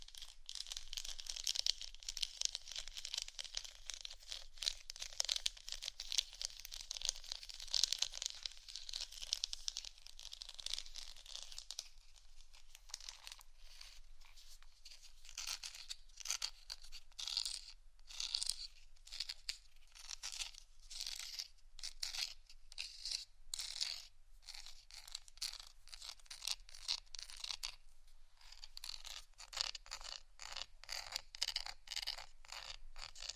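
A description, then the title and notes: ASMR scratching with a crisp, papery, high-pitched texture and almost nothing in the low end. For the first twelve seconds the scratching is dense and continuous; after that it breaks into quick, separate strokes in a fairly steady rhythm, thickening again near the end. ASMR scratching For Sleep & Study（No Talking）.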